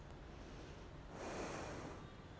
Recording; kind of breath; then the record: one breath in and out by a microphone near the nose and mouth; normal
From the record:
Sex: female